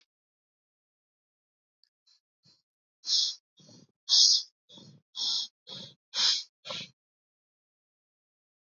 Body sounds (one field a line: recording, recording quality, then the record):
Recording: shallow breathing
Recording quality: excellent, no background noise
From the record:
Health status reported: COVID-19 positive, moderate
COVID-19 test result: positive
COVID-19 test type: RT-PCR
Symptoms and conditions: cough, cold, sore throat, fatigue, muscle pain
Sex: female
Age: 46 years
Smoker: no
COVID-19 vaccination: both doses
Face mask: worn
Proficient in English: yes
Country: India